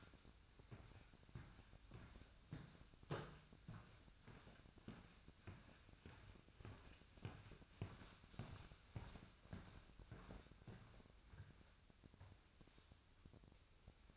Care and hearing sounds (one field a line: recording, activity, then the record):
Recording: daily activity, microphone in the room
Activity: walk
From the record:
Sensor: 2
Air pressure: 1001.5 hPa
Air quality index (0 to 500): 227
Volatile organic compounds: 25 ppm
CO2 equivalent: 2845 ppm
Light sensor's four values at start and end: 8/27/10/10 and 8/28/10/10